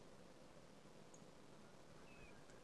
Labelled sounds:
Song Thrush (Turdus philomelos)
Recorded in Germany
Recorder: ecoPi

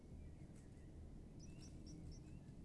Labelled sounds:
Common Blackbird (Turdus merula)
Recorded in Germany
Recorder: ecoPi

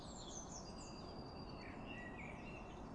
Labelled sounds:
Eurasian Blue Tit (Cyanistes caeruleus)
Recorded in Germany
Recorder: ecoPi

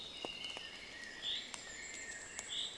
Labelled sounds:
Common Chaffinch (Fringilla coelebs)
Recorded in Germany
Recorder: ecoPi

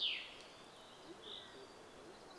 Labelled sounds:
Common Chaffinch (Fringilla coelebs)
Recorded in Germany
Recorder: ecoPi

